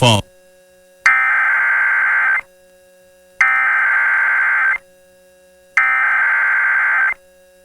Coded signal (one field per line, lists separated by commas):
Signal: Emergency Alert System (SAME) tones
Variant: header bursts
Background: speech